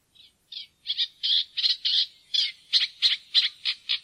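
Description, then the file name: Eurasian reed warbler singing, starting with a few sparse scratchy notes, then a run of chattering notes about three a second. "roersanger"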